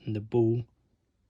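A Kizer CyberBlade folding knife's blade is being moved toward the point where the steel detent ball on the lock drops into its small recess in the blade. Someone talks briefly during the first 0.7 seconds, followed by near silence. Nothing has seated or clicked yet.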